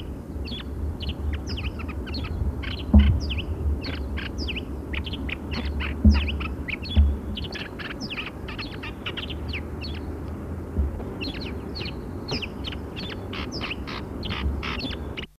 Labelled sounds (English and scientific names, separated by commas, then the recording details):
Cape Sparrow (Passer melanurus) call, Namaqua Dove (Oena capensis)
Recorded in the wild
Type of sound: call
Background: Oena capensis
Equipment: Halbspur, 9,5 cm/s
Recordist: Lütgens, Hans
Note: Mit Kapturteltaube